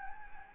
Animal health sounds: mosquito wingbeat signal from an infrared sensor; Anopheles gambiae

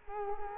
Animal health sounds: mosquito wingbeat signal from an infrared sensor; Culex quinquefasciatus

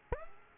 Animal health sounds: mosquito wingbeat signal from an infrared sensor; Aedes aegypti

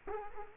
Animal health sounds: mosquito wingbeat signal from an infrared sensor; Culex quinquefasciatus

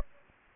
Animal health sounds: mosquito wingbeat signal from an infrared sensor; Anopheles gambiae

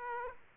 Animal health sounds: mosquito wingbeat signal from an infrared sensor; Aedes aegypti

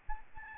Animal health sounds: mosquito wingbeat signal from an infrared sensor; Aedes albopictus

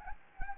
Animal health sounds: mosquito wingbeat signal from an infrared sensor; Anopheles gambiae

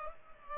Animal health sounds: mosquito wingbeat signal from an infrared sensor; Culex pipiens

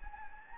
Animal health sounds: mosquito wingbeat signal from an infrared sensor; Anopheles gambiae

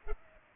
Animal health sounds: mosquito wingbeat signal from an infrared sensor; Culex pipiens

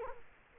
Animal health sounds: mosquito wingbeat signal from an infrared sensor; Culex quinquefasciatus

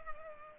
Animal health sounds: mosquito wingbeat signal from an infrared sensor; Culex pipiens

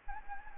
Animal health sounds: mosquito wingbeat signal from an infrared sensor; Anopheles gambiae

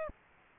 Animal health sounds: mosquito wingbeat signal from an infrared sensor; Aedes aegypti

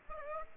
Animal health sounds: mosquito wingbeat signal from an infrared sensor; Aedes aegypti

